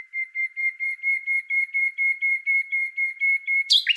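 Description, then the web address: Common nightingale song: a steady, even series of pure whistled notes on one pitch, ending in a short harsh burst. "Deverinetal 2025"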